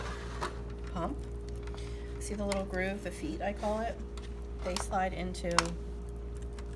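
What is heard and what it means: A medication cartridge is being handled beside an epidural infusion pump, lined up with the small groove and metal feet on the side of the pump that it slides into. Someone talks over a steady low hum, and a few faint handling taps come at about 1.5, 1.7 and 6.6 seconds. The cartridge has not yet been pushed home, and nothing has seated or clicked yet.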